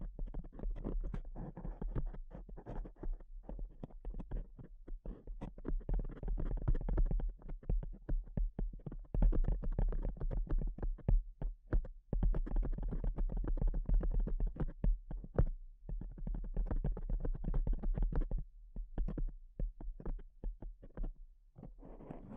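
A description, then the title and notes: Tapping runs without pause for the whole stretch, dense clusters of short knocks with a soft, low-to-mid body. The pace shifts between quick bursts and slightly looser patches, with a few brief gaps. A steady low hum sits underneath throughout. ASMR Pure Tapping Fast and Slow (No Talking).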